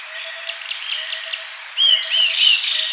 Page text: Green Iora Nasal Calls - Quick Sounds